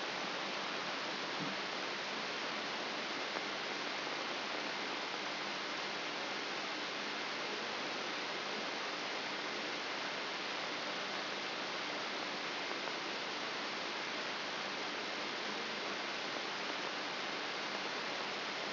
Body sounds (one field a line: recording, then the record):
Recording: brain microelectrode recording played as sound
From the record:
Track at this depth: inside the subthalamic nucleus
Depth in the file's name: 3.102 mm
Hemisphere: left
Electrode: 3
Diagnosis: Parkinson's disease